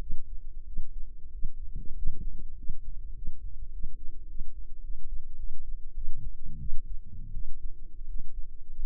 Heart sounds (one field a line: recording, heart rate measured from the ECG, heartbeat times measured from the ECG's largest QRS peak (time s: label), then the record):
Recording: heart sounds by microphone in the left ear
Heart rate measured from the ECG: 96 bpm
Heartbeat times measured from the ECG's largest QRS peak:
0.64 s: heartbeat
1.30 s: heartbeat
1.94 s: heartbeat
2.55 s: heartbeat
3.13 s: heartbeat
3.70 s: heartbeat
4.26 s: heartbeat
4.81 s: heartbeat
5.36 s: heartbeat
5.93 s: heartbeat
6.58 s: heartbeat
7.32 s: heartbeat
8.06 s: heartbeat
8.74 s: heartbeat
From the record:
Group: healthy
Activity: rest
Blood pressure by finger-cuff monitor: 97/51 mmHg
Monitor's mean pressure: 69 mmHg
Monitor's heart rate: 100 bpm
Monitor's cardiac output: 9.1 L/min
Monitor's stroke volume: 98 mL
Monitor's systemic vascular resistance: 540 dyn s/cm5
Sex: female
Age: 24 years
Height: 163 cm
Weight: 55.7 kg